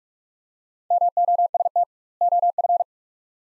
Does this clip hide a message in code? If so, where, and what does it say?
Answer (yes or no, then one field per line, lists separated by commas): yes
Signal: Morse code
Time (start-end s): 0.9-2.8 s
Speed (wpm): 44 wpm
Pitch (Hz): 700 Hz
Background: none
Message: MOST OF